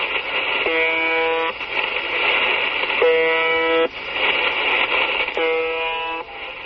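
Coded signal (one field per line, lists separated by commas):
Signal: channel marker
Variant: UVB-76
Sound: three harsh, low, rasping buzzes, each under a second, repeating every couple of seconds through hiss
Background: radio static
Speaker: Pues podría ser el clon de un camión, la sidena de un barco, pero no se llama o se llamaba UVB76. Desde 1982 en que fue detectado, eh, esta estación rusa soviética empezó siendo de onda corta, emitía 25 pulsos como el que hemos oído todas las todos los minutos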